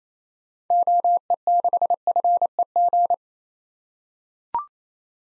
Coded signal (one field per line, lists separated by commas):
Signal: Morse code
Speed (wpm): 28 wpm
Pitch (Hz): 700 Hz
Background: none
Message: OE6FEG